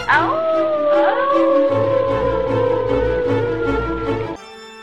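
A wolf howls in a long, sustained high tone that slides slowly downward over about four seconds, with overlapping howling voices and a low rumble beneath, then cuts off abruptly.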